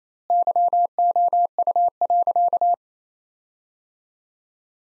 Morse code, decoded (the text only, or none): YOU.